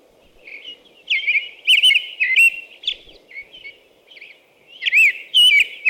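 American robin giving a caroling song of slurred whistled phrases, with high squeaky notes between them and a faint low hum behind.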